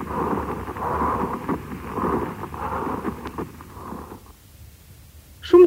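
Pleural friction rub heard over an adult chest by stethoscope: repeated bursts of grating noise. It may be heard with inflammation of the pleural layers (dry pleurisy), with urea crystals deposited on them in uremia, and with tuberculous or cancerous involvement of the pleura.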